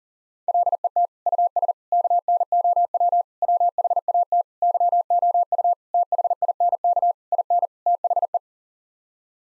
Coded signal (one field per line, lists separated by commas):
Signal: Morse code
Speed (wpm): 40 wpm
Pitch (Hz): 700 Hz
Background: none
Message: LET US KNOW WHAT YOU THINK IN THE